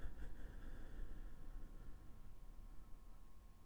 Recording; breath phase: one breath near a microphone; exhalation